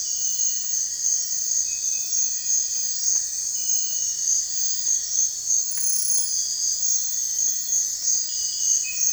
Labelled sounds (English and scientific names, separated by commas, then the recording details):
none
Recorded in dense forest near Puerto Asís, Putumayo, Colombia, on 26 December 2024 at 04:00
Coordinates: 0.468, -76.322
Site G071